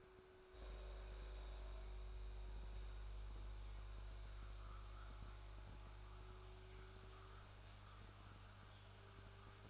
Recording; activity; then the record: daily activity, microphone in the room; make coffee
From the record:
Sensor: 2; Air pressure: 1014.6 hPa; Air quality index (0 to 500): 188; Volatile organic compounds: 17 ppm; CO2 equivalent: 2577 ppm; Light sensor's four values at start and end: 4/10/3/4 and 4/10/3/4